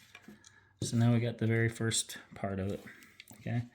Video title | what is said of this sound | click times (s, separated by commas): Assembly of floating cross - Wooden cross version with string (no magnets) | Okay. And then we snap snap in place. | 0.2 s, 0.5 s